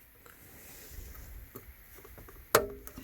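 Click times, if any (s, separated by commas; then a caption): 2.6 s. After a new fuse is fitted, the lock on a car radio's wiring connector plug is pressed all the way in. One sharp, loud click comes at 2.6 s, with quieter taps before and after it. The lock has clicked in and is seated.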